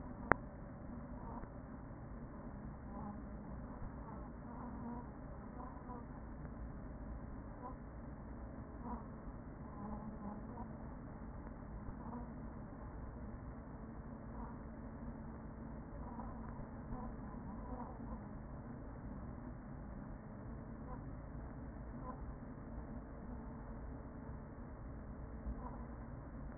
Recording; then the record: honeybee colony, microphone inside the hive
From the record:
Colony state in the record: queen present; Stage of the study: after two queens were removed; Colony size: about 40,000 bees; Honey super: no